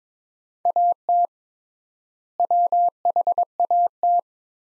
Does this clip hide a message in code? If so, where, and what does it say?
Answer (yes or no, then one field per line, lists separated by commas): yes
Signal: Morse code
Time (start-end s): 0.7-4.2 s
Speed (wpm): 22 wpm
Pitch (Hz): 700 Hz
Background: none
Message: AT WHAT